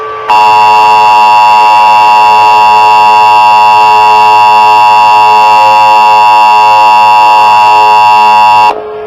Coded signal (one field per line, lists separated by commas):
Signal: Emergency Alert System (SAME) tones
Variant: 853 and 960 Hz attention tone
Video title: Burning Earth: Remastered (EAS Christmas Special)